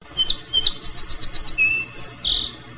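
Song sparrow song: two introductory notes, then a rapid series of repeated short notes, followed by a lower held note and two closing notes.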